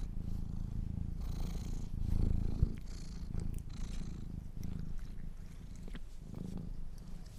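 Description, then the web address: Low continuous Domestic cat purr rising and falling in breathy cycles, with a brief sharp tap near the middle and light rustling. Kittens purring. "sleepandrelaxasmr. The Purring Kittens"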